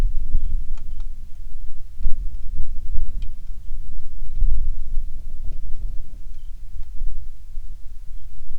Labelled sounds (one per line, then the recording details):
songbird
wind
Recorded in the Prudhoe Bay oil fields, Alaska, on 27 July 2019 at 18:38
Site 19